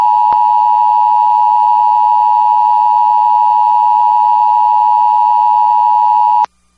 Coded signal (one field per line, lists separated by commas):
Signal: Emergency Alert System (SAME) tones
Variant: 853 and 960 Hz attention tone